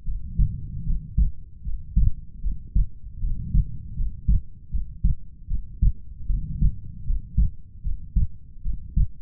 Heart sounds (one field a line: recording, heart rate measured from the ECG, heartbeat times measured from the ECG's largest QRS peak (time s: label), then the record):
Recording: heart sounds by stethoscope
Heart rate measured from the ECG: 77 bpm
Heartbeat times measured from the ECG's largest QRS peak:
0.04 s: heartbeat
0.84 s: heartbeat
1.62 s: heartbeat
2.41 s: heartbeat
3.19 s: heartbeat
3.94 s: heartbeat
4.70 s: heartbeat
5.47 s: heartbeat
6.27 s: heartbeat
7.04 s: heartbeat
7.82 s: heartbeat
8.62 s: heartbeat
From the record:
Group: healthy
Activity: rest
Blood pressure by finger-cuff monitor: 99/67 mmHg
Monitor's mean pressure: 77 mmHg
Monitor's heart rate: 77 bpm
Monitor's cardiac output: 5.7 L/min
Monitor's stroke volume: 76 mL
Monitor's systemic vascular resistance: 980 dyn s/cm5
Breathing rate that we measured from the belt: 20 breaths a minute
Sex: female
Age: 22 years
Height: 160 cm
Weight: 45 kg